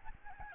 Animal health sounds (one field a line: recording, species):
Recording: mosquito wingbeat signal from an infrared sensor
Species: Aedes albopictus